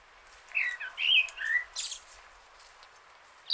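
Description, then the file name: Eurasian blackcap song: a short burst of clear whistled notes with some scratchy high chatter, then a pause and one last high note. "Sylvia atricapilla"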